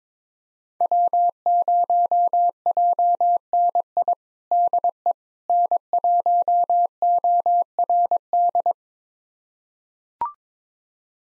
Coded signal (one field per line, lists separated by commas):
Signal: Morse code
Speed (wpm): 22 wpm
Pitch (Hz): 700 Hz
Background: none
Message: W0JNI DE N1ORD